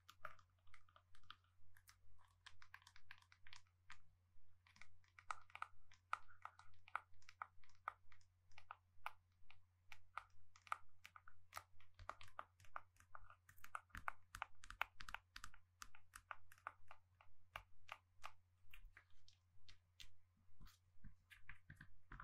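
Gentle tapping runs steadily through the whole stretch, quick light taps coming in dense, fairly regular bursts with short pauses between. Each tap is crisp and bright, with a faint crunchy edge. A steady low hum sits underneath throughout.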